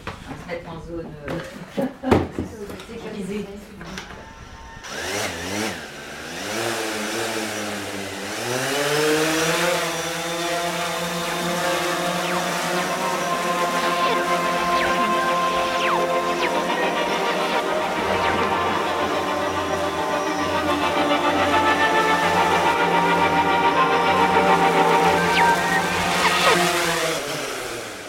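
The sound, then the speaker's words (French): A consumer camera drone used for filming starts with a few clicks, then its rotors spin up into a rising, whining buzz that settles into a loud, steady high-pitched drone hum lasting to the end. “C'est un drone qui est utilisé plutôt par le grand public pour de la prise de vue.”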